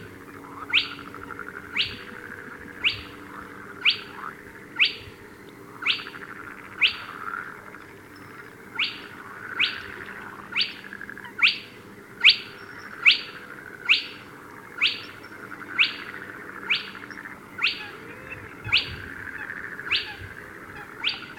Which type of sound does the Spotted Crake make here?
call